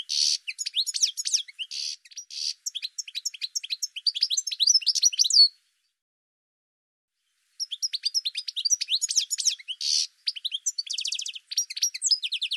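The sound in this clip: Bird song: a fast, jumbled run of high chirps, sharp down-slurred notes and quick trills, broken by a two-second silence, then resuming just as busy.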